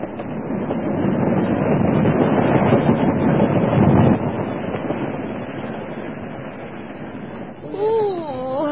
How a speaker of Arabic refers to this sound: قطار اللعين. هذا قطار الواحدة صباحا يمر بالقرب من هنا.